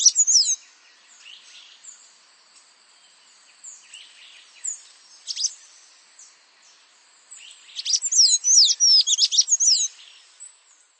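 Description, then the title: Bird song, high thin chirps and quick twittering notes in short bursts, with a longer rapid burst near the end, separated by quiet gaps. "LuckyPassaro Completos2Sama"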